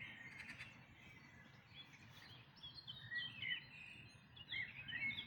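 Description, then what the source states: Birds chirping in a continuous high twittering mix, with a few brief harsh notes near the start and brighter trills toward the end. Dawn chorus, May 2026.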